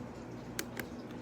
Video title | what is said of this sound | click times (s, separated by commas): Review Scientific Calculators Upgraded 991ES Plus Calculators Desktop, ROATEE Calcpad Multiview 4-Li | and clicks into place perfectly, because if not, you're not gonna be able to erase. | 0.6 s, 0.8 s